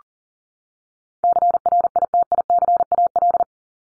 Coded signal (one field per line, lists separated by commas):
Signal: Morse code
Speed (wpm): 40 wpm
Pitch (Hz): 700 Hz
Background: none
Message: CRITICAL